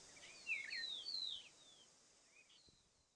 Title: LuckyPassaro Completos2Sama. Cattle Tyrant (Machetornis rixosa rixosa)